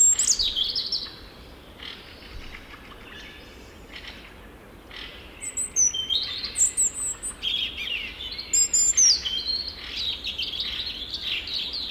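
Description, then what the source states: European robin delivering a high, wavering song of thin whistles, quick trills and downslurred notes, short phrases after a pause, with constant background hiss. Singing at full volume as the light returns; a listener's recording from Hartola, Finland.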